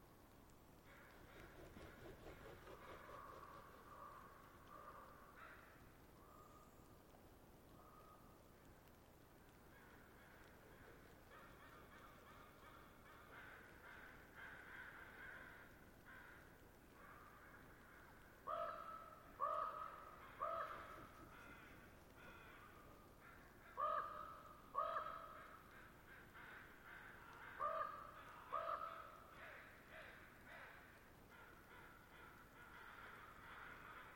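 Crows and ravens caw at a roost, scattered calls early on, then a run of loud, harsh caws coming in short bursts of two or three from about 18 to 30 seconds. A steady low rumble and softer bird chatter continue underneath throughout.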